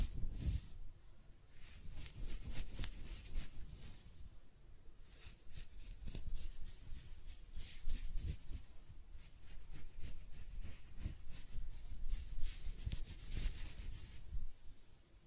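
Close-up hair sounds: repeated scratching and brushing strokes, each a soft hiss with a crisp high edge, coming in quick irregular bursts about once or twice a second. A low rumbling rustle runs underneath throughout, and a few sharper clicks stand out near the start and around thirteen seconds.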